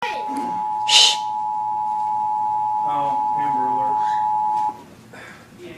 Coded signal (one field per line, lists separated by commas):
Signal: Emergency Alert System (SAME) tones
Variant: 853 and 960 Hz attention tone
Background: speech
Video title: Child Abduction Emergency (EAS Alert: #5) - 7/28/12